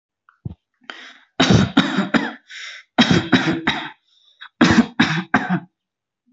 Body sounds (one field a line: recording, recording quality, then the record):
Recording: shallow voluntary cough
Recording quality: excellent, no background noise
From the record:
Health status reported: healthy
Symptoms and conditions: none ticked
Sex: male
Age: 21 years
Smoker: not ticked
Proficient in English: yes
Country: India